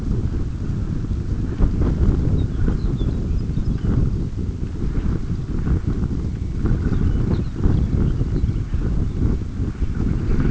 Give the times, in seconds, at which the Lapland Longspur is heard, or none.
2.23-3.98, 6.74-8.79